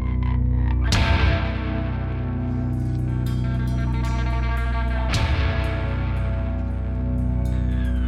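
A loud, distorted rock track with heavy guitar chords and pounding drums, two big crashing hits marking section changes over a dense, sustained wall of sound. No one speaks.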